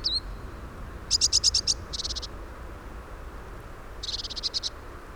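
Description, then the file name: Eurasian blue tit calls: three short bursts of rapid, buzzy, high-pitched notes, each burst under a second, with a faint thin whistle at the start. "Cyanistes caeruleus"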